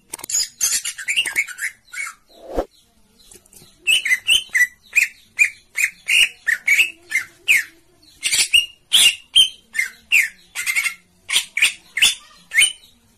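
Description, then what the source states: Oriental magpie-robin giving a long series of harsh, chattering notes mixed with short whistles, rapidly repeated with brief gaps. Long-duration filler (isian) song meant for training, the bird described as singing actively day and night.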